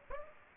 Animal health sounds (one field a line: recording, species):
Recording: mosquito wingbeat signal from an infrared sensor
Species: Aedes aegypti